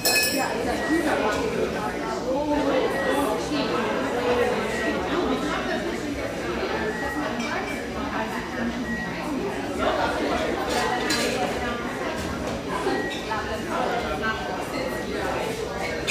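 Steady, dense chatter of many voices fills a busy bar frequented by railyard staff, with no quiet gaps over the whole stretch. Bright clinks of glasses and dishes pop up every few seconds, and a low rumble of the room runs underneath.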